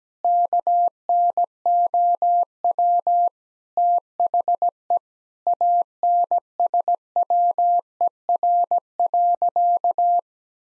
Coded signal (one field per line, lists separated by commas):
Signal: Morse code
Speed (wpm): 17 wpm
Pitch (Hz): 700 Hz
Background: none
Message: KNOW THE ANSWER.